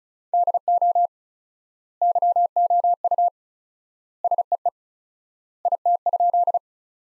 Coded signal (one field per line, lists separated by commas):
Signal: Morse code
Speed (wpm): 34 wpm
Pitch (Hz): 700 Hz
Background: none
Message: DO YOU SEE IT?